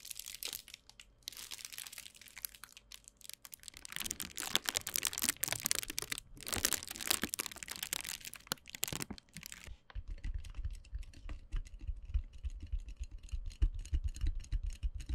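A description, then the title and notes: Bubble packaging is handled, with dense crinkling and scratching that swells into a loud, bright rustling burst between about four and nine seconds. After ten seconds the sound changes to quick, regular tapping and popping over a low rumble. 包材觸發. Bubble bag triggers.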